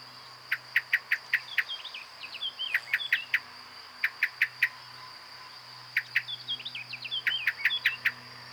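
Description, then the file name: Common blackbird chinking in runs of sharp clicks, while another bird twitters with quick curving notes between them; a steady high whine continues. "Turdus merula"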